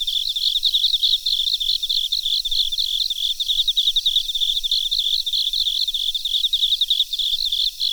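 Crickets chirp in quick regular pulses high in pitch, a few brief dips in loudness, with faint hiss behind.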